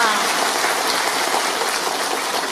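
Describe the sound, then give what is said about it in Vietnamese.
An audience at a Buddhist dharma talk claps steadily, a dense crackling wash of many hands that holds at an even, fairly loud level for a few seconds with no voices over it. “Bây giờ mới là cho anh tràng pháo tay đi.”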